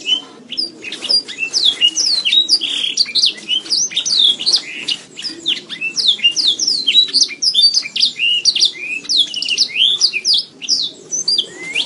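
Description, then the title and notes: Domestic canary pouring out a long run of high, quick chirps and sweeping whistles, the phrases tumbling into one another steadily. Canary master song used to lure or stimulate other canaries into singing. "PANCINGAN SUARA MASTERAN KENARI. masteran kicau kenari"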